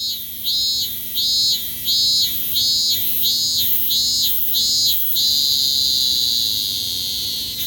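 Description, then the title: Cicada song: high buzzing pulses repeated about every 0.7 seconds, then merging into a steady continuous drone for the last few seconds. "Zikade"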